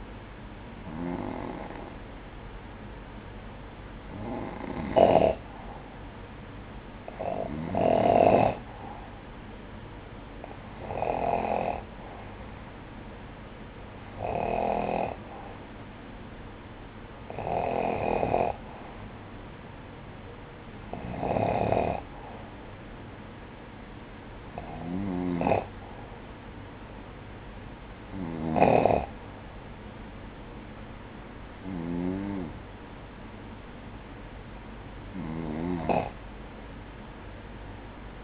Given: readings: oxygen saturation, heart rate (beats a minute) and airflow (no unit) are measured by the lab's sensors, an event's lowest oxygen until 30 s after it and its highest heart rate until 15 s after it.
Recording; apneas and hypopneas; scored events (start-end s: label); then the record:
breathing in sleep by a voice recorder at the bedside; none
none scored
From the record:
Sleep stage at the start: N2 (light sleep); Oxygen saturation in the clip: 93 to 94%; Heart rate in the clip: 53 to 61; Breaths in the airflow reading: 11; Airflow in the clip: -7.0 to 4.5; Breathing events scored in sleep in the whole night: 180 in 6.7 hours asleep